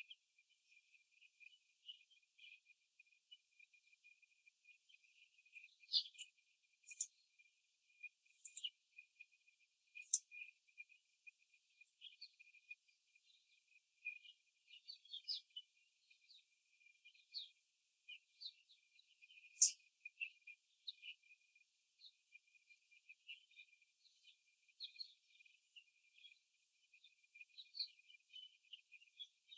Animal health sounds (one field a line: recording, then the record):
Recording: young laying hens in a cage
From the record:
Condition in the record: after the stressor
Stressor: simulated dog barking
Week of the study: 3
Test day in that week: 1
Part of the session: 3